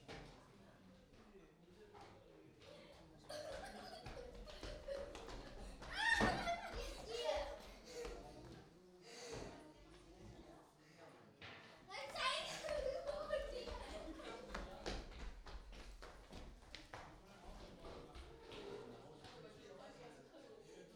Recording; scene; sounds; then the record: everyday scene through a hearing-aid microphone; many people talking; footsteps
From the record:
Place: parish hall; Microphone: in the ear canal, right